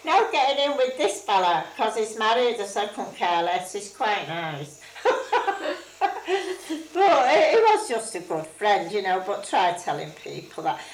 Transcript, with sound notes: No getting in with this fella 'cos he's married. I said, "Couldn't care less, he's quite nice." [laughs] But he was just a good friend, you know. But try telling people that.